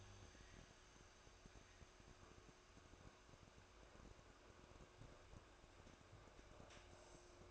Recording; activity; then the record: daily activity, microphone in the room; make coffee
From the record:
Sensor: 2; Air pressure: 1004.1 hPa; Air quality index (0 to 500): 191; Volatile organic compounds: 11 ppm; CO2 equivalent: 2290 ppm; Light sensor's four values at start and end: 4/11/4/4 and 4/11/4/4